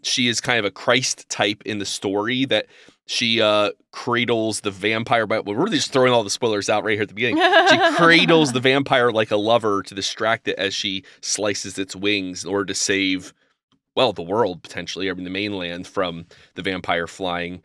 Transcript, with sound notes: She is a Christ-type in the story that she cradles the vampire, but we’re really just throwing all the spoilers out right here at the beginning. [chuckle] She cradles the vampire like a lover to distract it as she slices its wings in order to save, well, the world potentially, everyone in the mainland, from the vampire flying.